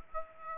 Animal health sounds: mosquito wingbeat signal from an infrared sensor; Aedes aegypti

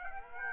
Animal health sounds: mosquito wingbeat signal from an infrared sensor; Aedes aegypti

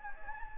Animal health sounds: mosquito wingbeat signal from an infrared sensor; Anopheles gambiae

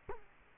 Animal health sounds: mosquito wingbeat signal from an infrared sensor; Culex quinquefasciatus

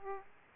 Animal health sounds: mosquito wingbeat signal from an infrared sensor; Aedes aegypti

